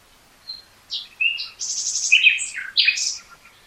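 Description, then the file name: Common nightingale song: a soft note, then quick chirps, a harsh buzzy rattle and bright rising and falling whistled notes in one continuous phrase. "Luscinia megarhynchos"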